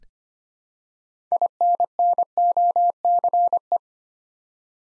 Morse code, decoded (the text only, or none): INNOCE